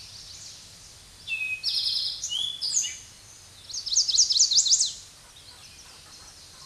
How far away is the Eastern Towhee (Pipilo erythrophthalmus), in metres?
about 5 m